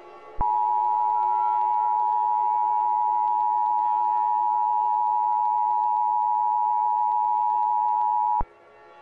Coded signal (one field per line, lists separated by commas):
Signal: Emergency Alert System (SAME) tones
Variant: 853 and 960 Hz attention tone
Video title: EAS Mock - Soda Flood